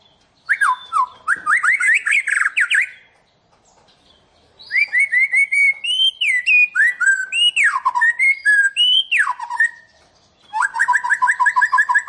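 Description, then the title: White-rumped shama song: buzzy rising trills, a pause, then loud swooping whistled phrases dropping in pitch, ending with a repeated chattering series. "Kicau Murai Batu"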